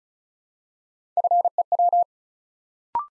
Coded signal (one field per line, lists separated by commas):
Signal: Morse code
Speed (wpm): 36 wpm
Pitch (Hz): 700 Hz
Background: none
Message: FEW